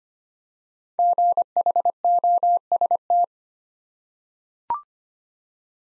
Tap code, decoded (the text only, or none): none